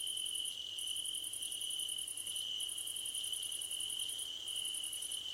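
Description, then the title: Crickets giving rapid pulsed trills in long trains, pausing briefly between them, above a constant steady cricket drone. Crickets at night under a starlit sky; described as a gentle hum. "Nighttime Ambience with Crickets 🌃"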